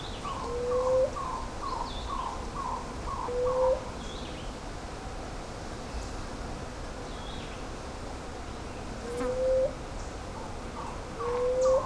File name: Blue headed quail dove